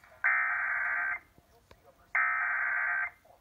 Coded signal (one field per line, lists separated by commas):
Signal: Emergency Alert System (SAME) tones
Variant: header bursts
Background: speech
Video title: FFW #4 on KHQ-DT (EAS #1079)